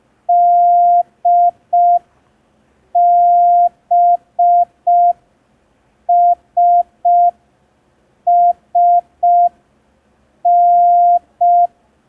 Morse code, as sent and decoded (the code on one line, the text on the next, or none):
-.. -... ... ... -.
DBSSN